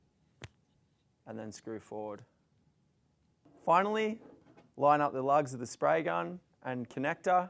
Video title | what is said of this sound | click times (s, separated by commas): Hoselink Water Wise Starter Kit Assembly | If you're finding it hard, screw in reverse until you hear a click | 0.4 s